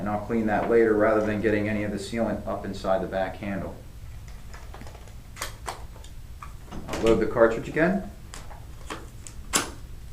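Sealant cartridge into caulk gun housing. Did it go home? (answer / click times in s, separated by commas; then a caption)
yes / 9.6 s. A sealant cartridge is reloaded into the housing of a Newborn U-Lite drip-free caulk gun after someone talks. It slides in with a few light handling taps and scrapes and seats with a sharp click at 9.6 s, leaving the gun ready to extrude.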